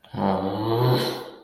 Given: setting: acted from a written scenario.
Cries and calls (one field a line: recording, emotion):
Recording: vocal sound without words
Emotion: disappointment